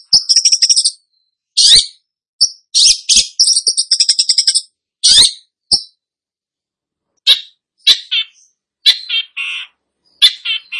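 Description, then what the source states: Long-tailed shrike song: rapid high trills and harsh scratchy bursts, with looser chattering phrases later on. Described as 'gacor', meaning singing vigorously.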